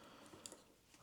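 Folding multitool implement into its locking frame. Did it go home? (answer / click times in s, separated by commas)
yes / 0.5 s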